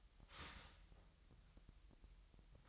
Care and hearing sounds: daily activity, microphone in the room; start toaster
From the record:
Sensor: 3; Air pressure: 1002.0 hPa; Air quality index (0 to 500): 247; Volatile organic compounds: 50 ppm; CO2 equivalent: 3299 ppm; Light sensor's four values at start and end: 13/39/17/14 and 13/39/17/15

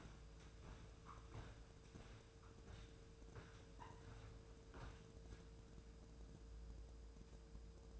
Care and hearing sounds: daily activity, microphone in the room; walk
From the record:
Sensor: 2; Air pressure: 1005.4 hPa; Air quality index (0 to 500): 98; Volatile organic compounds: 2 ppm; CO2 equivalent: 1191 ppm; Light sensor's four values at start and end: 8/20/8/8 and 8/20/8/8

